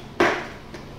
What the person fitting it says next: you can hear a good audible click on it